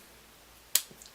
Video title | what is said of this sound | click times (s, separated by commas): Nike Fuel Band Review (Black Ice) | clicks in place just like that | 0.8 s